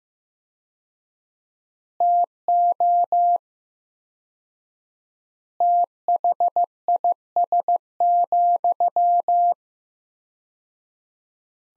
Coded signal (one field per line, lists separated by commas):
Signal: Morse code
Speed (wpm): 16 wpm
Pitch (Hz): 700 Hz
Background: none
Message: TO THIS,